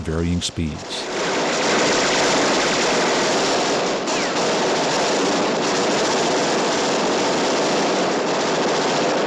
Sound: soundbite of gunfire

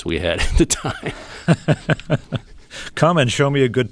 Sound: laughter

